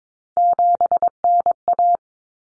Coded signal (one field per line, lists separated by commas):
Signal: Morse code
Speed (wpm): 22 wpm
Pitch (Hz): 700 Hz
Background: none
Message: 7NA